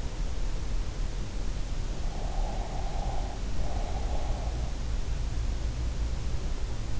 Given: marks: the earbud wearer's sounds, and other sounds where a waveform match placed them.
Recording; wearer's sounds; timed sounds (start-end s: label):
sounds in sleep by an in-ear microphone; breath
2.17-4.43 s: breath